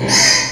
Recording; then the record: squeal of a Yucatan mini pig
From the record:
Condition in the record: before surgery on the right vocal fold (resection and tissue-engineered implant); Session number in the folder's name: 2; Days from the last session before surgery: 0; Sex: male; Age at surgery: 12 weeks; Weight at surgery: 13 kg